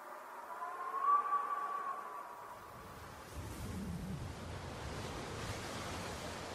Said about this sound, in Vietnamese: Tiếng gió bên ngoài rít mỗi lúc một mạnh, tiếng mưa xối xả làm cho mọi cảnh vật xung quanh cũng rung lắc lên một cách dữ dội.